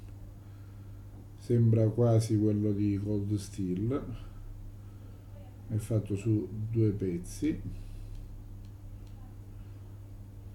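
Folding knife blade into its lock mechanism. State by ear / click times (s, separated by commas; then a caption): not seated / none. A man talks while handling a SOG Magnadot 2 EDC folding knife, made in two pieces with an internal safety lock, as the blade is worked toward its lock mechanism. Two faint, brief sounds occur near 8.7 s and 9.1 s under low background hiss. Nothing has seated or clicked yet; the blade has not locked by the end of the clip.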